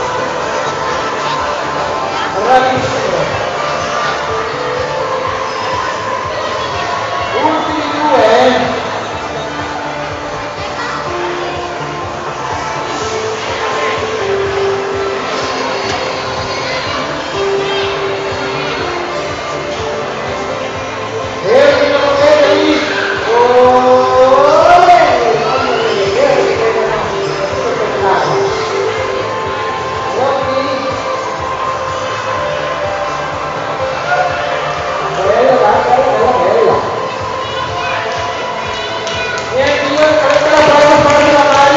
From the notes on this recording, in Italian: Casino durante un laboratorio di bolle di sapone e di alienazione, in un centro commerciale